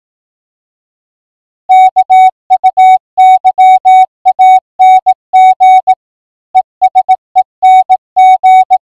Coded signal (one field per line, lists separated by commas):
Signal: Morse code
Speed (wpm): 18 wpm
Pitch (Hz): 750 Hz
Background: music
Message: KUYANG ESENG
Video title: Zello to Baofeng Radio interface using Audio Cables (Tagalog)